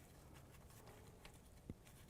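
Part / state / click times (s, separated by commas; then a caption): oxygen sensor connector into vehicle wiring harness connector / not seated / none. A new driver-side upstream oxygen sensor's plastic electrical connector for a 2015–2020 GMC Yukon XL is handled and lined up by its tab with the lock clip on the vehicle wiring harness connector. A steady low hum runs under a few faint plastic taps and brief contact sounds around 1.2 to 2.1 seconds. The connector has not clicked or seated yet.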